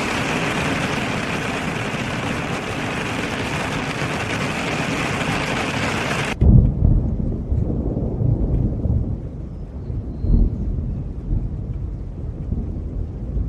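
Rain hisses thick and steady for the first six seconds, a dense bright wash with no gaps. Then it cuts off abruptly, leaving only a low rolling rumble like thunder, with heavier thuds just after the cut and again around ten seconds.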